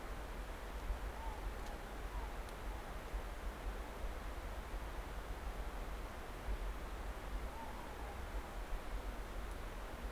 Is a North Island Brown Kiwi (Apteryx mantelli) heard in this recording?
no